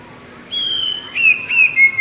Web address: wroblowe teka 2 spiew 2. wroblowe teka modraszkoteka